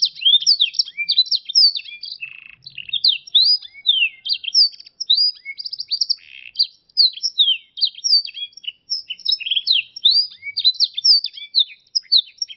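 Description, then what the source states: Canary song, a continuous fast stream of high chirps, slurred notes and quick trills without pause. Canary song combining Yorkshire and Russian styles.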